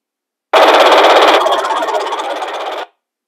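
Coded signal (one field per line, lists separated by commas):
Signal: digital voice data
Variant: DMR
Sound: harsh rapid buzzing, raspy noise burst lasting about two seconds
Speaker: okay now I'm going to go ahead and transmit encrypted DMR and we'll see what it sounds like over an analog Channel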